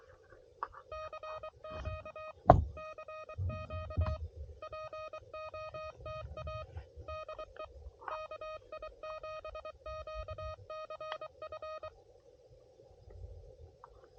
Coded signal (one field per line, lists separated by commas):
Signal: Morse code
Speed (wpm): 23 wpm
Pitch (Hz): 620 Hz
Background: none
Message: CQ E CQ POTA DE KI7QCF